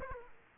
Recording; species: mosquito wingbeat signal from an infrared sensor; Aedes aegypti